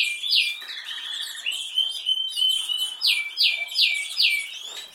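Canary song of sharp down-slurred whistled notes repeated in quick succession, broken by a fast rolled trill in the middle.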